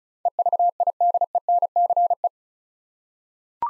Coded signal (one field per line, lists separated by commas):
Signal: Morse code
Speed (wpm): 36 wpm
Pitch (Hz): 700 Hz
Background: none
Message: EVIDENCE